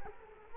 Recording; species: mosquito wingbeat signal from an infrared sensor; Culex quinquefasciatus